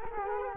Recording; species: mosquito wingbeat signal from an infrared sensor; Culex quinquefasciatus